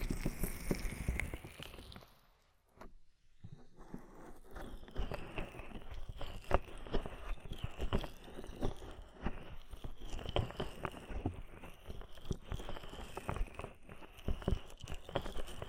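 Ear massage with oil and foam: dense, wet crackling and rubbing fill most of the clip in quick, irregular bursts. A brief near-silent pause comes around two to three seconds before the squishing, crinkly friction resumes steadily to the end.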